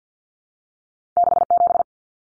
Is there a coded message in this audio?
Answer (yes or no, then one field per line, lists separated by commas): yes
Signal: Morse code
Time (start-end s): 1.2-1.8 s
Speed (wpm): 48 wpm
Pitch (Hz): 700 Hz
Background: none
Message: 67